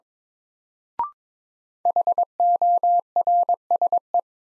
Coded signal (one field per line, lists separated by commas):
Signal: Morse code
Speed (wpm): 22 wpm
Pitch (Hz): 700 Hz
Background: none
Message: HORSE